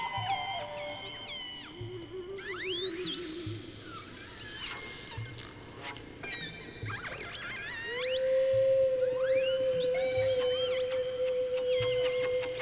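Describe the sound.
Whale song: long upward-sweeping cries and falling moans in bursts, later a level held tone, all blended with music and a regular low pulse.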